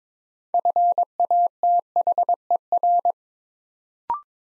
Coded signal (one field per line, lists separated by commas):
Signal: Morse code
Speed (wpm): 22 wpm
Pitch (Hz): 700 Hz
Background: none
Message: FATHER